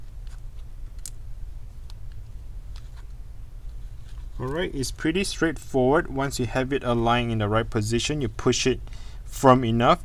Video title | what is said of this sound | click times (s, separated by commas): Macbook A1534 2017 2016 Keyboard Replacement | you you can hear a little click and that click itself is to eat onto it | 1.1 s